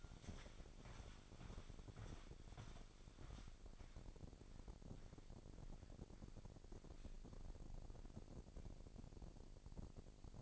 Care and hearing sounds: daily activity, microphone in the room; walk to room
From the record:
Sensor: 5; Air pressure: 1012.3 hPa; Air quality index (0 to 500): 236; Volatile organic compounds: 4 ppm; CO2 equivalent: 1571 ppm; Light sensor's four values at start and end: 57/129/55/60 and 58/136/56/60

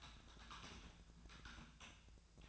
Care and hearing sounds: daily activity, microphone in the room; typing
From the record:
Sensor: 2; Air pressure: 1000.0 hPa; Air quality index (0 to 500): 129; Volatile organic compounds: 2 ppm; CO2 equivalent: 1105 ppm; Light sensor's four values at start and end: 25/61/26/29 and 25/61/26/29

